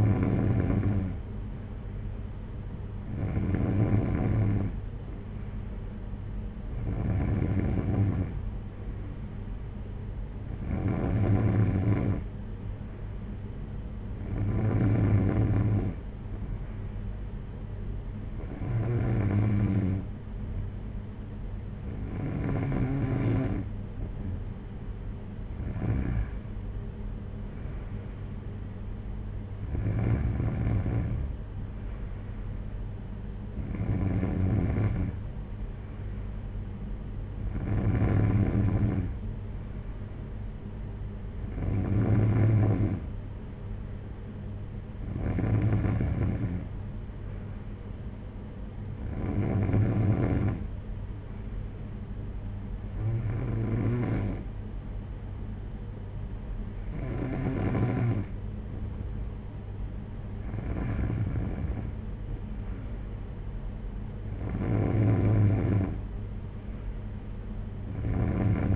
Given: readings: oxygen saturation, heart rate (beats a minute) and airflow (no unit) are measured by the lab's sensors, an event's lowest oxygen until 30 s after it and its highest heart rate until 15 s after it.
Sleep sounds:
breathing in sleep by a smartphone at the bedside; none
none scored
From the record:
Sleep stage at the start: N3 (deep sleep); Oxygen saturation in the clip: 93 to 94%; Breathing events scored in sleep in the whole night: 226 in 8.8 hours asleep

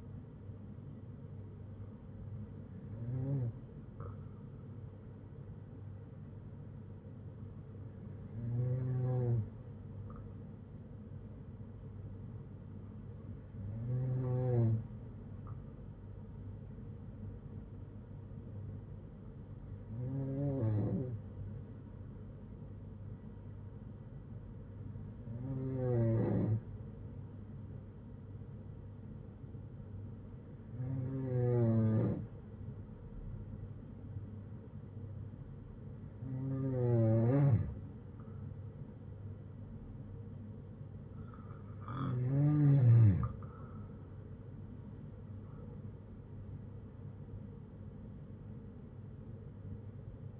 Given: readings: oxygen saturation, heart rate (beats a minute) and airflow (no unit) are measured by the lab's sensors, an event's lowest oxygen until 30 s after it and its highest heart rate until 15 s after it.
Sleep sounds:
breathing in sleep by a smartphone at the bedside; none
49.00-50.40 s: new sleep stage, N1 (lightest sleep)
From the record:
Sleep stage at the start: N2 (light sleep); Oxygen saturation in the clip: 92 to 93%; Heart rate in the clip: 57 to 75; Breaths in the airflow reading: 9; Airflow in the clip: -9.3 to 8.4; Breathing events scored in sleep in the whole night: 182 in 7.4 hours asleep

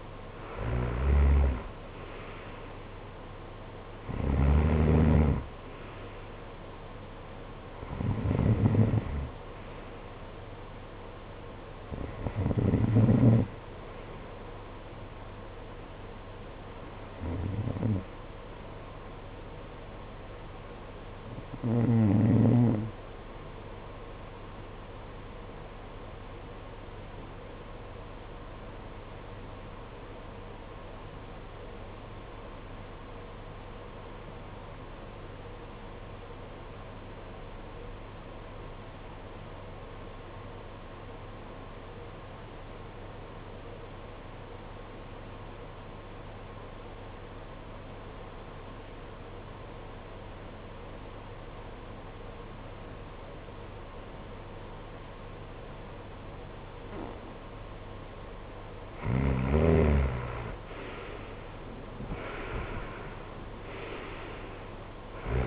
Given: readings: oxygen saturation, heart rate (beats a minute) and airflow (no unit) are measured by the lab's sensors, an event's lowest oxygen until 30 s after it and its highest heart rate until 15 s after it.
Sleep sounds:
breathing in sleep by a voice recorder at the bedside; 1
27.00-59.90 s: obstructive apnea (REM, oxygen 95% highest, then 84% lowest, heart rate 52 at the start, 69 highest)
57.00-65.47 s: new sleep stage, N1 (lightest sleep)
From the record:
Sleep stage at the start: REM sleep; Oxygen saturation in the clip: 82 to 95%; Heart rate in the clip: 50 to 69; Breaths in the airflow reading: 9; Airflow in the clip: -16.0 to 14.8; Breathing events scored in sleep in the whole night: 476 in 9.7 hours asleep

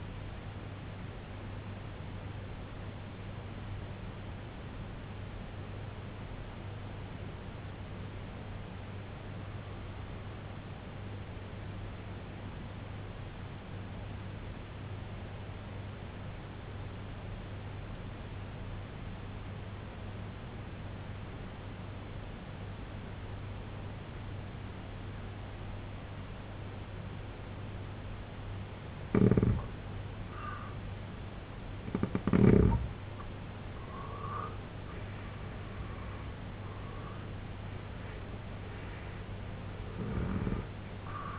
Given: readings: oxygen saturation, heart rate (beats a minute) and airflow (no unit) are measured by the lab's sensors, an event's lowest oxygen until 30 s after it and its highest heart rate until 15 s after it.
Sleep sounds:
breathing in sleep by a voice recorder at the bedside; 1
4.00-30.60 s: hypopnea (N1, oxygen 96% highest, then 85% lowest, heart rate 65 at the start, 90 highest)
9.00-39.00 s: new sleep stage, N2 (light sleep)
39.00-41.39 s: new sleep stage, N1 (lightest sleep)
From the record:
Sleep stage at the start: N1 (lightest sleep); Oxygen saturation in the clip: 82 to 96%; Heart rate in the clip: 65 to 90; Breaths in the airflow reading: 5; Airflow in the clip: -8.3 to 8.5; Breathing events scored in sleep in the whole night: 258 in 7.4 hours asleep

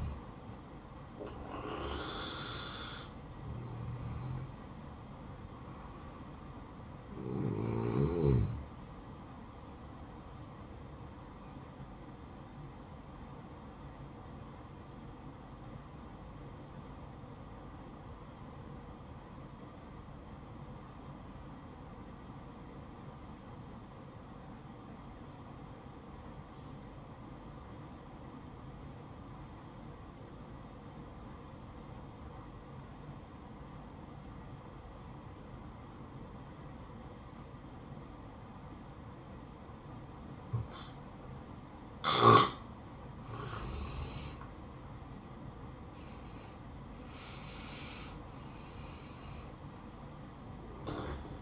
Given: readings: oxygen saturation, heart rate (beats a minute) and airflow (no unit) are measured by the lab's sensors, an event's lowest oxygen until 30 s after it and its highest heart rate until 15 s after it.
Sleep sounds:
breathing in sleep by a smartphone at the bedside; 1
14.00-44.20 s: obstructive apnea (N1, oxygen 96% highest, then 85% lowest, heart rate 63 at the start, 69 highest)
From the record:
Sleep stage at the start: N1 (lightest sleep); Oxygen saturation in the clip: 84 to 96%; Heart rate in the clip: 59 to 69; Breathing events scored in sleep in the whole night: 573 in 9.8 hours asleep

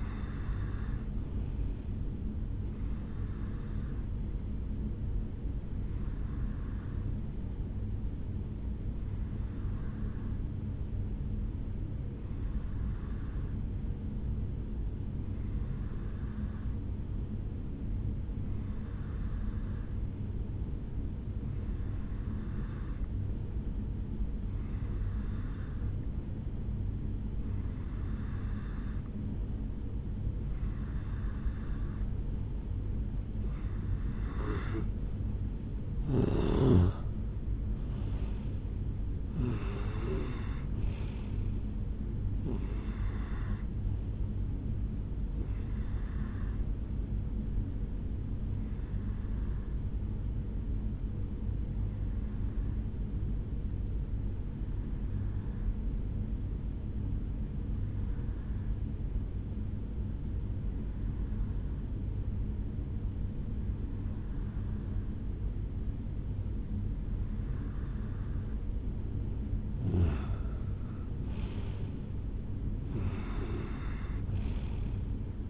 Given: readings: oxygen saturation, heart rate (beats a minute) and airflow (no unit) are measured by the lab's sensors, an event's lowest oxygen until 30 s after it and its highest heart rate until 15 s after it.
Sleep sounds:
breathing in sleep by a smartphone at the bedside; 2
8.00-32.60 s: hypopnea (N2, oxygen 93% highest, then 89% lowest, heart rate 68 at the start, 78 highest)
48.00-71.40 s: hypopnea (N2, oxygen 95% highest, then 90% lowest, heart rate 70 at the start, 77 highest)
From the record:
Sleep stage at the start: N2 (light sleep); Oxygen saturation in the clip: 89 to 95%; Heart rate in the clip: 61 to 78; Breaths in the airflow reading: 18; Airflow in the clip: -9.3 to 5.8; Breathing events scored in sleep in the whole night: 449 in 7.0 hours asleep

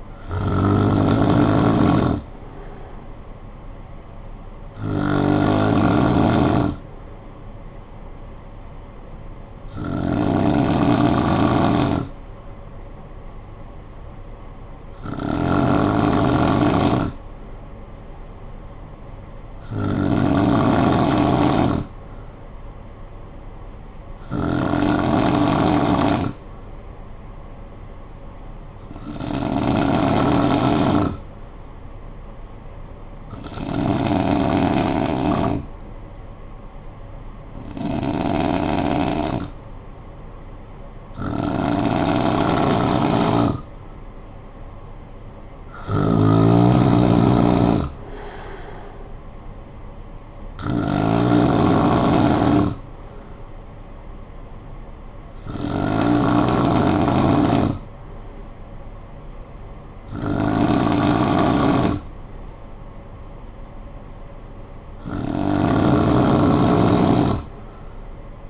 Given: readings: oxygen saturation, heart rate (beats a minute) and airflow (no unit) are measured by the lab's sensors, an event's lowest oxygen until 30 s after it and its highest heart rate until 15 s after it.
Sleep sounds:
breathing in sleep by a smartphone at the bedside; 1
32.00-44.10 s: hypopnea (N2, oxygen 94% highest, then 90% lowest, heart rate 58 at the start, 63 highest)
From the record:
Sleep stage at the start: N2 (light sleep); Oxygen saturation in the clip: 90 to 95%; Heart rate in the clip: 52 to 63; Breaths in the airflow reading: 15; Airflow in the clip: -15.7 to 6.2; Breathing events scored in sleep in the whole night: 445 in 7.6 hours asleep

